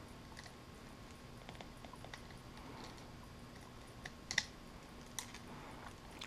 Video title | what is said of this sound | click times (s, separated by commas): BMW 1200 Series Invisible Fuel Filter Service | we're going to make our electrical connections click it down until it snaps | 4.3 s, 4.4 s